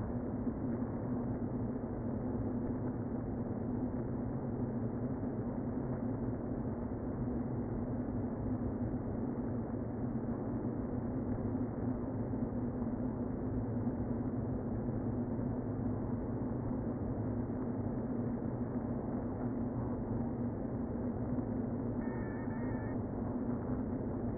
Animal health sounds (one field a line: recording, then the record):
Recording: honeybee colony, microphone inside the hive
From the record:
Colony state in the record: queen present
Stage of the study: before two queens were removed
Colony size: about 60,000 bees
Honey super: yes